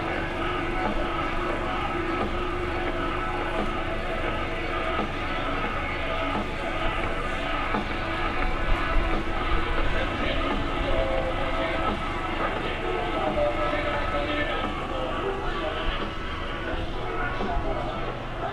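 A walk through Animal Kingdom: steady, dense background of murmuring voices under a continuous rumbling, whining vehicle-like hum, swelling slightly around nine seconds.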